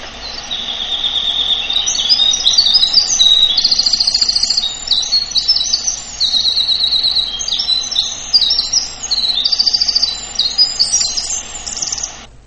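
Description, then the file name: Eurasian wren song: a long, loud, rapid, high-pitched outpouring of trills and sharp twittering notes. "strzyzyk"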